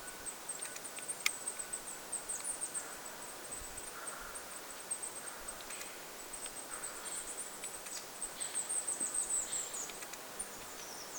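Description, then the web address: Goldcrest: high, thin zit-like notes in loose runs, busiest in the last few seconds, with small clicks and low steady hiss throughout. Small flock of birds including goldcrests, 25 August 2026. "paivat 25 8 2026 pikkulintuparvi jossa on hippiaisia"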